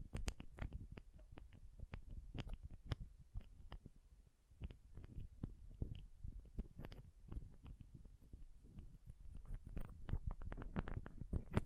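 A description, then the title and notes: Pom poms are rubbed and squished in a dense, irregular stream of soft crackles and sharp ticks over a low, muffled rumble throughout. ASMR Ultimate Pom Pom Tingles (No Talking).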